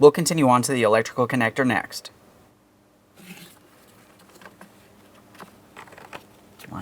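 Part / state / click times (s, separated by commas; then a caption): electrical connector into the blower motor assembly / seated / 6.1 s. Someone talks, then a plastic electrical connector is lined up and pressed into the new rear HVAC blower motor assembly of a 2008-2016 Chrysler Town & Country, with faint handling and rustling sounds. A sharp click at 6.2 s marks the connector seating, and a light tug confirms it is secured.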